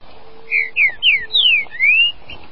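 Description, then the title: Green-winged saltator song: a quick run of four clear whistled notes, each sliding downward, ending in a longer rising whistled slur, against a quiet background. "Trinca Ferro"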